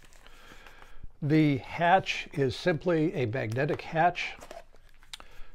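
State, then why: Seated. Someone talks while the magnetic canopy hatch of an FMS F4U-4 Corsair foam RC plane is set onto the fuselage, its magnets meeting the metal plates with a tongue at the front locating it. After a few faint ticks, a sharp click at 5.1 s marks the hatch snapping into place, seated.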